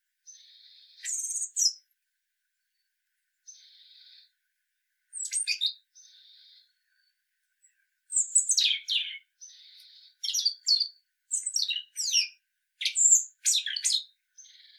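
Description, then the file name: European robin singing short, high, sweet phrases, thin drawn-out notes alternating with fast tinkling trills, separated by brief pauses, with a quiet background. "Erithacus rubecula"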